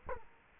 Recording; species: mosquito wingbeat signal from an infrared sensor; Culex quinquefasciatus